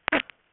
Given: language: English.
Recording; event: throat vibration sensor signal played as sound; cough